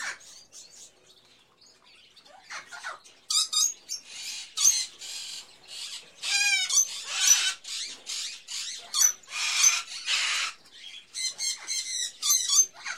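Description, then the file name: Birds calling: quiet chirps at first, then loud overlapping squawks, rapid trilled chatter and sharp screeches from many birds, with little pause between calls. Various birds in a pet shop, ambience. "Sound Ideas 2000 Series - Birds, Various Birds In A Pet Shop, Ambience"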